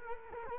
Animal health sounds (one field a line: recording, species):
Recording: mosquito wingbeat signal from an infrared sensor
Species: Culex quinquefasciatus